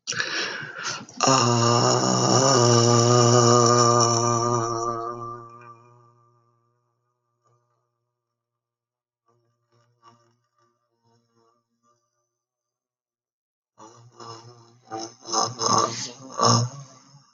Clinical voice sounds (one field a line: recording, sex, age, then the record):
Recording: vowel held as long as possible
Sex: male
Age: 60 to 69 years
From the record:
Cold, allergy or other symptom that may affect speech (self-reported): no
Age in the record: 63 years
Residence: California, United States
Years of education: 18